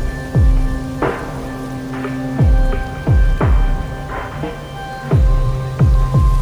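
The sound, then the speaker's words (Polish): Steady drizzling rain, driven slantwise against the windows of small houses on Piotrkowska Street, hisses without pause, overlaid by a recurring pattern of low, downward-sliding thuds that arrive roughly every half second to second. No voices are heard. “Deszcz mrzeł bezustannie i zacinał skośnie aż do pół okien małych domków, co w tym końcu Piotrkowskiej ulicy stały gęsto przy sobie, gdzieniegdzie tylko jakby rozepchnięte olbrzymym fabrycznym lub wspaniałym pałacem fabrykanta.”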